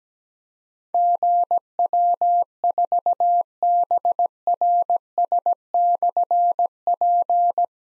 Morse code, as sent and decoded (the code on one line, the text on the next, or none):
--. .-- ....- -... .-. ... -..-. .--.
GW4BRS/P